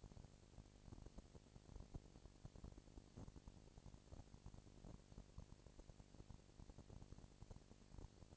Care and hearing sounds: daily activity, microphone in the room; no activity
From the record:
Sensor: 5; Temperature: 19.8 degrees Celsius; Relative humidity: 36.7%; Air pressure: 997.2 hPa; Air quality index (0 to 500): 169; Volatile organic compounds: 14 ppm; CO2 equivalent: 2444 ppm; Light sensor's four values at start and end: 2/3/1/1 and 2/3/1/1

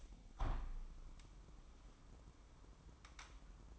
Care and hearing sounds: daily activity, microphone in the room; open window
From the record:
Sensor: 1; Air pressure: 998.6 hPa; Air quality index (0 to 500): 136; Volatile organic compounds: 4 ppm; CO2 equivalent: 1639 ppm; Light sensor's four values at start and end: 10/24/10/12 and 10/25/10/13

